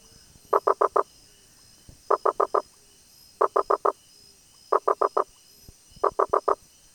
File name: Boana rosenbergi